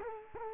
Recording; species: mosquito wingbeat signal from an infrared sensor; Culex quinquefasciatus